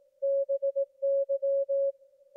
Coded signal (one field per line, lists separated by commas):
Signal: Morse code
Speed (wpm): 18 wpm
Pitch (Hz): 550 Hz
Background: none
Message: BY